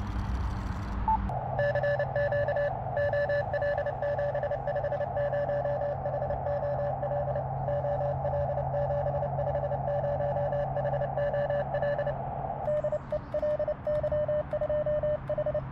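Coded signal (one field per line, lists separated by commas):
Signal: Morse code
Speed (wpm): 30 wpm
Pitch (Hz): 580 Hz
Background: radio noise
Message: CQ OL750HOL OL750HOL DE LY2H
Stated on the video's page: QRP portable station with a Buddistick vertical antenna on a fishing rod rest tripod.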